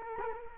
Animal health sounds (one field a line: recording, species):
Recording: mosquito wingbeat signal from an infrared sensor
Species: Culex quinquefasciatus